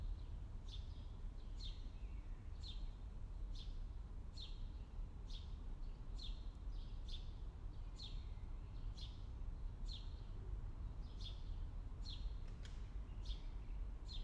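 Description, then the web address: Songbird song, a long run of bright, quickly falling chirps repeated at a steady pace, with a constant low traffic rumble beneath. Early morning song birds on a city avenue in Paris, France, with distant traffic. "Tom Hutchings Europe France Paris City Avenue Early Morning Song Birds Distant Traffic"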